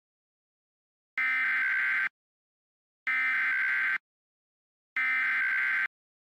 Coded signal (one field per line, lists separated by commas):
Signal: Emergency Alert System (SAME) tones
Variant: header bursts